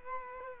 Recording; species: mosquito wingbeat signal from an infrared sensor; Culex quinquefasciatus